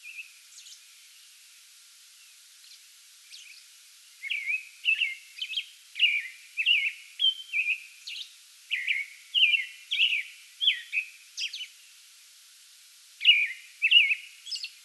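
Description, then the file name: American robin: one soft phrase, a quiet gap, then a sustained run of whistled caroling phrases and high squeaks, pausing briefly before resuming. Pre-dawn song bout recorded on 8 May 2022. "2022-05-08 American Robin pre-dawn song bout"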